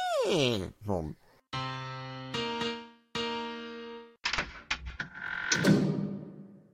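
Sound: door opening or closing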